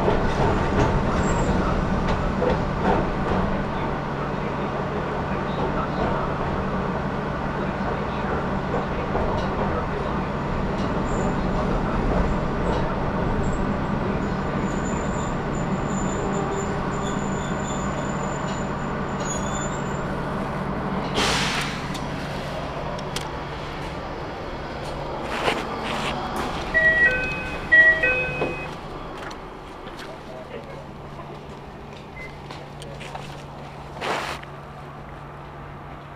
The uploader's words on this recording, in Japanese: 四日市あすなろう鉄道 日永→内部。この車両は車内放送のスピーカーから遠いのであまりよく聞こえません、ご了承ください。